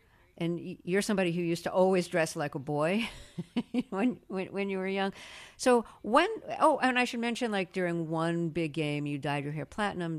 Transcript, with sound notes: And you're somebody who used to always dress like a boy (laughter) when you were young. So when - oh, and I should mention, like, during one big game, you dyed your hair platinum,